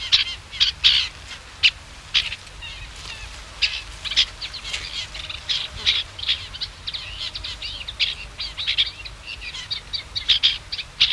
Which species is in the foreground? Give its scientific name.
Acrocephalus scirpaceus